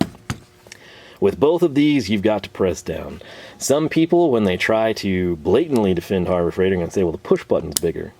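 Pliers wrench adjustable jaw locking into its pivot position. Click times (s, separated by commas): 0.0 s, 0.3 s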